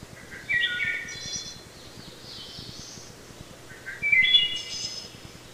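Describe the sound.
Wood thrush delivering two song phrases, a liquid whistled opening followed by high, airy buzzy trills, over faint steady background noise.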